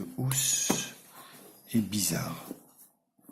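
A 10-inch VOYO Q101 tablet is being fitted into its protective case while someone talks, with handling rustle and scraping under the voice. The clip stops before the tablet goes fully into the case, so nothing has seated or clicked yet.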